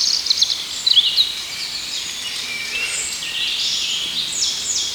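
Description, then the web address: A busy bird chorus: bright high twitters and short sweeping notes layered over one another, steady throughout. Birds singing in a forest. "songs Wald Voegel"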